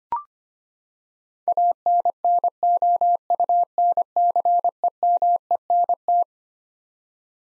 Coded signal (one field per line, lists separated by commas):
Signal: Morse code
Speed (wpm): 25 wpm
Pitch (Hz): 700 Hz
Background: none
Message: ANNOUNCEMENT